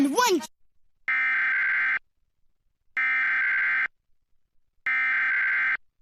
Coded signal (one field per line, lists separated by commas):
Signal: Emergency Alert System (SAME) tones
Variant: header bursts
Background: speech